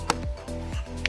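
A plastic A-pillar trim panel on a 2019–2023 Silverado/Sierra, with the window seal popped loose, is pushed back so its top clip lines up with the slot in the dash/pillar. Over a steady low tonal hum, there is a brief sharp tick at 0.1 s and a sharp snap at 1.1 s as the clip seats home, confirmed seated.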